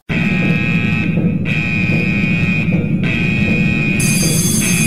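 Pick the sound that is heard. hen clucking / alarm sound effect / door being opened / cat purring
alarm sound effect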